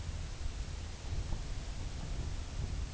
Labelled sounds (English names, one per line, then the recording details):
none
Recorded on Arctic tundra, site UTQI-2, on 15 June 2019
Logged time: 22:00